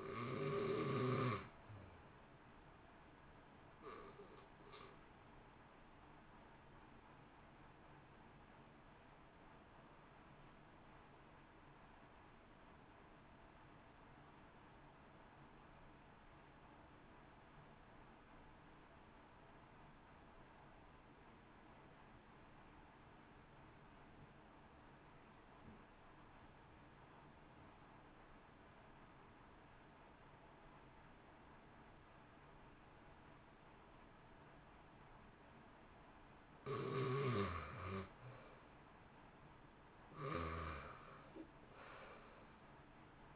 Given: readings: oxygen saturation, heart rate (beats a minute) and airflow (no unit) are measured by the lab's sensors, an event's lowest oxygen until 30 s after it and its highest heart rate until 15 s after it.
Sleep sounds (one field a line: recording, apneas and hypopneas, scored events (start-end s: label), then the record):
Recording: breathing in sleep by a voice recorder at the bedside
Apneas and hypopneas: 1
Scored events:
7.00-38.40 s: obstructive apnea (REM, oxygen 94% highest, then 64% lowest, heart rate 61 at the start, 74 highest)
From the record:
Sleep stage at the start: REM sleep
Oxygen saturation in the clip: 82 to 94%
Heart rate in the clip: 55 to 70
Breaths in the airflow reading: 4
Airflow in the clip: -1.3 to 1.8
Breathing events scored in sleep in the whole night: 328 in 6.3 hours asleep